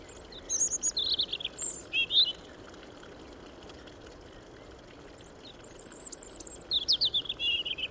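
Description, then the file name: European robin song: two short bursts of high, thin, tumbling warbles and drawn-out whistles, separated by a pause of about three seconds, over a steady low hiss. "Erithacus rubecula"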